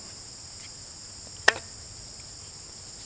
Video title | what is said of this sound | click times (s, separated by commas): The Best Kept Bow Drill Secret - Guarantee That Ember | the string and the bow down and away you hear it lock that | 1.5 s